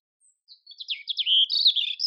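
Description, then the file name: European robin giving a brief burst of high, liquid twittering that runs into a sustained, sweet, wavering note. "Erithacus rubecula"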